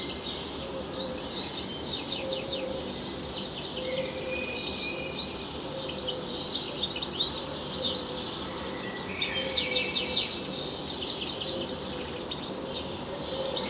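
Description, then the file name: European goldfinch song, rapid chattering trills and descending notes in bursts. "Carduelis carduelis"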